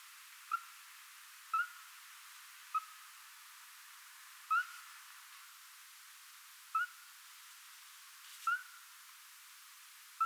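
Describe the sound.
Eurasian scops owl giving short, clear whistled notes, repeated at irregular intervals of one to a little over two seconds, in a quiet background.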